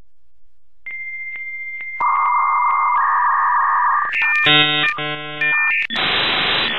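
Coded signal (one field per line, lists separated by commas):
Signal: dial-up modem handshake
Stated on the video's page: Classic 56k modem dialing into the internet over a telephone line.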